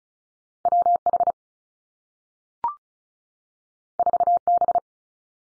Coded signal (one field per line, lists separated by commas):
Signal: Morse code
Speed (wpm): 36 wpm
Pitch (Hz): 700 Hz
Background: none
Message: W H 4 B